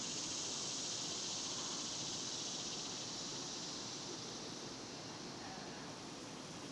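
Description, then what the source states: Cicadas keep up a softer high, even buzzing drone over a broad background hiss of outdoor noise. Several cicadas recorded outdoors in the daytime in a cemetery in summer.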